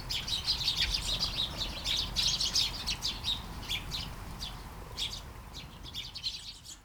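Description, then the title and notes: Sparrows chirping, a busy chatter of short bright notes in irregular bursts, several birds calling together over a soft background hiss. Flying sparrows in a garden at Taastrup, Denmark; early morning, light shower; recorded with Sony PCM-D100 internal mics. "Kærengen 8, 2630 Taastrup, Denmark - Flying sparrows. Flying sparrows in the garden, early morning. Light shower. Vols de moineaux dans le jardin, au petit matin. Pluie fine"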